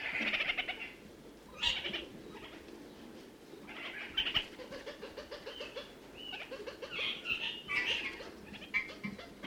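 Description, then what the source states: Red-crowned parakeet uttering separated chattering phrases with brief pauses, alongside quieter rapid ticking notes lower down. New Zealand.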